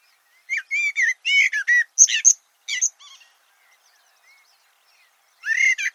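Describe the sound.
Bird delivers a quick series of chirps and slurred whistles, about a dozen notes, then a quiet pause and another brief burst.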